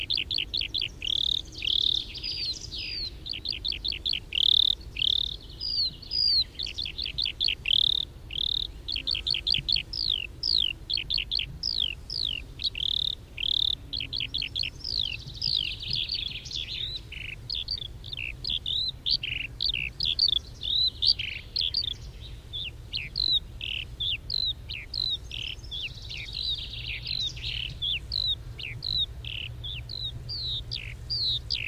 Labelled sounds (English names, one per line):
Eurasian Skylark flight song